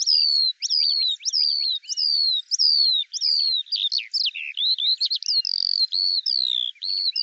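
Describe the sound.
Eurasian skylark song: repeated high falling whistles that build into a rapid, jumbled warble of chirps and trills, with nothing else audible.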